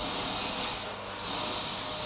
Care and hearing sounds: daily activity, microphone in the room; vacuum cleaning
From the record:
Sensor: 1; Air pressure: 991.8 hPa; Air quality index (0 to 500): 184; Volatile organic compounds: 1000 ppm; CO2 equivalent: 7039 ppm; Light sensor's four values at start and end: 27/93/36/36 and 27/94/36/36

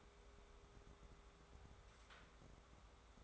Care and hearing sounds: daily activity, microphone in the room; take from stove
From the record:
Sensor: 3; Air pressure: 1010.3 hPa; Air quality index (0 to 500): 166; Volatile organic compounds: 9 ppm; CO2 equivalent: 2173 ppm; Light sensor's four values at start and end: 51/125/55/61 and 51/125/55/61

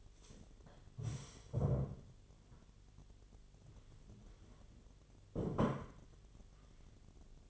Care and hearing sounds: daily activity, microphone in the room; stand up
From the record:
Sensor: 4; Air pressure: 1008.6 hPa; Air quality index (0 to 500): 170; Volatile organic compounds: 5 ppm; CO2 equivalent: 1712 ppm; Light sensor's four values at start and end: 23/72/27/26 and 23/72/27/26

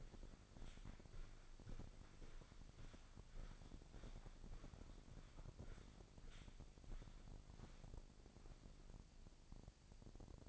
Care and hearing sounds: daily activity, microphone in the room; walk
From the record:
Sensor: 5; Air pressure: 1009.4 hPa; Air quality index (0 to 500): 144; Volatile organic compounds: 2 ppm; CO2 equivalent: 1118 ppm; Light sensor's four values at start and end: 338/806/346/387 and 337/802/345/386

